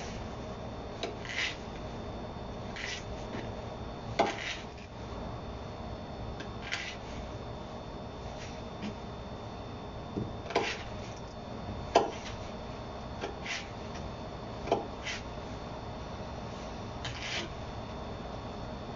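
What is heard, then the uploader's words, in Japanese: Kombu being chopped to make tsukudani, with short knife strikes on a board at irregular intervals, roughly every one to two seconds. The cuts are crisp and bright, a few louder than the rest, over a steady low hum throughout. 昆布を刻む。昆布を佃煮にするために刻んでいる音。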